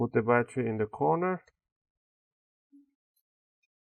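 Someone talks while grabbing the plastic top cover (shield/midframe plate) of a Huawei Y9 2019 smartphone and aligning its top edge on the phone frame during an LCD screen touch replacement. The talk ends around 1.5 s, followed by near silence with only a faint brief tone near 2.7 s. Nothing has snapped in yet; this is only the alignment before the cover is brought down and pressed in the middle.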